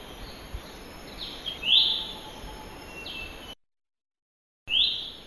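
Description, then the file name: Lesser green leafbird call, a sharp high note, heard a few times with a silent break between, over faint steady hiss. "suara panggilan cucak hijau mini di alam liar. omkicau"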